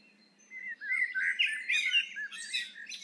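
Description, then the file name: Eurasian blackbird singing one phrase: low, mellow fluted warbling that breaks into a squeaky, high-pitched twitter at the end. "Turdus merula"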